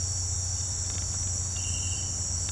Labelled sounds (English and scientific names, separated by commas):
none